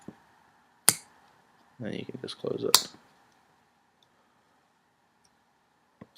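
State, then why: Seated. The metal blade of a non-locking folding pocket knife is swung open and gives one sharp, loud metallic snap at 0.9 s as it seats in the handle's open position. Someone then talks briefly, followed by a few faint ticks near the end.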